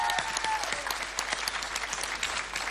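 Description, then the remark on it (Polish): An audience at a Polish Radio Trójka event in August 2018 applauds the many children gathered below the stage after a sing-along, a dense crackle of many hands clapping at once that holds an even, fairly loud level throughout without fading. “Dziękujemy dzieciom, których tutaj jest pełno pod sceną. Brawo. Brawo dla Was.”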